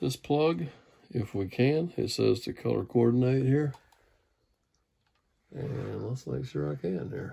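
Someone talks while matching the colours on the main wiring plug of a Hunter Bennett Collection 52" ceiling fan and handling it toward its mating connector. The speech stops for a quiet stretch around 4 to 5.5 seconds, then talking resumes. Nothing has seated or clicked yet.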